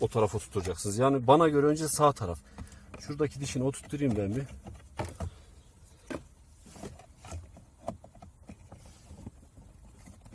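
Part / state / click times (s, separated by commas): plastic filter cover into its housing in the car / seated / 7.9 s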